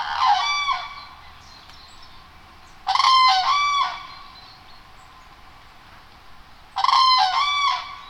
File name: Common Crane